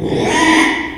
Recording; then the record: squeal of a Yucatan mini pig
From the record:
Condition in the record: after surgery on the right vocal fold (resection and tissue-engineered implant); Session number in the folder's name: 3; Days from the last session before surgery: 33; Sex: male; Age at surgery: 12 weeks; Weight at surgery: 13 kg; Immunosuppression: cyclosporine, prednisolone